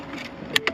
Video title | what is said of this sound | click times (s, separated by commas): S550 Mustang Dash Install ***CARBON FIBER*** | might feel like that but you could hear it clicking | 0.6 s, 0.7 s